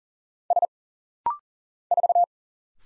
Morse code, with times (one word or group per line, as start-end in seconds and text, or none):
0.5-0.7 S
1.9-2.2 4